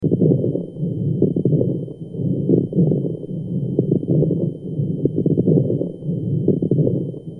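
Dense crackling heard over an adult chest through a stethoscope, continuing across repeated breath cycles, consistent with pulmonary edema: fluid in the small airways and air sacs.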